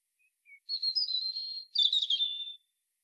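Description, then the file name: European robin with two soft notes leading into a sustained, wavering warble, then a brighter tumbling burst of tinkling notes. Background is quiet. "Erithacus rubecula"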